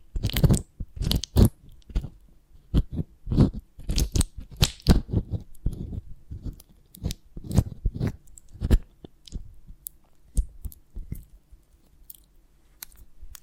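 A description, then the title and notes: Honeycomb on a branch, handled in a run of short, crisp crunches and sticky snaps. The bites come in quick irregular bursts, busiest in the first nine seconds, then thin out into sparser, softer clicks and crackles against a faint low hum. ASMR of a Honeycomb on Branch (No Talking).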